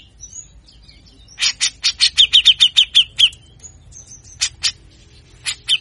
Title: MASTERAN CUCAK JENGGOT GACOR FULL BESETAN KASAR DURASI PANJANG